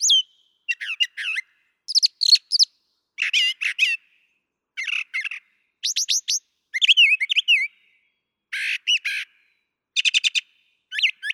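Brown thrasher singing a steady run of repeated phrases: sharp chips, downslurred whistles, raspy buzzes and chattering bursts, each set separated by short pauses.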